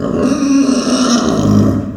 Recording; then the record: squeal of a Yucatan mini pig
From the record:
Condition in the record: after surgery on the right vocal fold (resection and tissue-engineered implant); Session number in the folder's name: 9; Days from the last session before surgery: 65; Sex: female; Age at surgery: 19 weeks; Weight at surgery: 25 kg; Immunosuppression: prednisolone